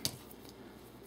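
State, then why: Seated. A small action camera is pressed onto its plastic tripod mount, making one sharp snap at 0.05 s, followed by two faint ticks around 0.3 s and 0.5 s over a low steady background. The camera seats and locks into place on the mount.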